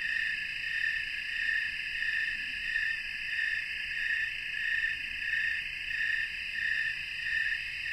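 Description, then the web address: Snowy tree crickets chirping together in a continuous high chorus, the shared beat swelling and fading regularly about once every two-thirds of a second. A chorus of snowy tree crickets in North America. "Natures Songs N America Songs of Insects -Snowy Tree Cricket chorus"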